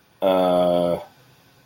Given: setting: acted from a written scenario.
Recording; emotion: vocal sound without words; confusion